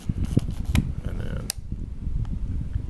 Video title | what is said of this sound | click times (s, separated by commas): How too, Super Macro and Better Macro | clicks and locks into place | 1.5 s